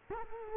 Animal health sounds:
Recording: mosquito wingbeat signal from an infrared sensor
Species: Culex quinquefasciatus

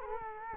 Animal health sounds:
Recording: mosquito wingbeat signal from an infrared sensor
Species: Culex quinquefasciatus

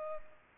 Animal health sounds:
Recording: mosquito wingbeat signal from an infrared sensor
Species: Culex pipiens

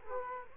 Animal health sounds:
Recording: mosquito wingbeat signal from an infrared sensor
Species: Culex quinquefasciatus

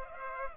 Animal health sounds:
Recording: mosquito wingbeat signal from an infrared sensor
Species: Culex pipiens

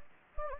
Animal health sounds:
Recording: mosquito wingbeat signal from an infrared sensor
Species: Anopheles gambiae

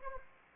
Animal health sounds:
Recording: mosquito wingbeat signal from an infrared sensor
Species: Anopheles arabiensis

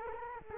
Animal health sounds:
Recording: mosquito wingbeat signal from an infrared sensor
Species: Culex quinquefasciatus

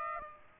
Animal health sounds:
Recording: mosquito wingbeat signal from an infrared sensor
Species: Aedes aegypti

